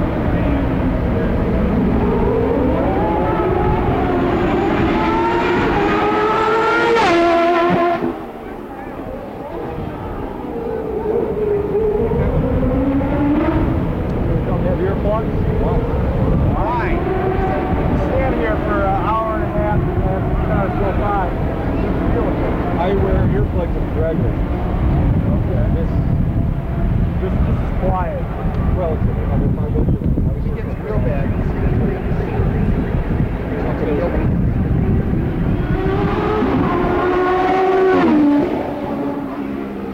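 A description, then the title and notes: IndyCar racing sounds from a street circuit: a steady wall of engine roar with rising and falling pitch sweeps as cars pass and shift gears. A brief dip near eight seconds, then the dense, continuous engine noise resumes, with sharp high whines returning toward the end. The Sounds of CART IndyCar at Detroit, 1990. Trackside sounds of the CART IndyCar Series as it raced around downtown Detroit on the former Formula 1 circuit. The 2.65-liter single-turbo V8 engines from Chevrolet, Cosworth, Judd, Alfa Romeo, and Porsche.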